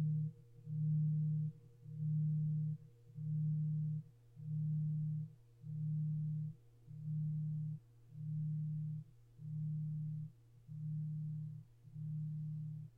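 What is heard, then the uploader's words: A singing bowl gives a low, humming tone that swells and dips in steady, even pulses, about once per second for the whole stretch. A faint, higher ringing note holds constant underneath, and nothing else is heard. Singing bowl sound therapy.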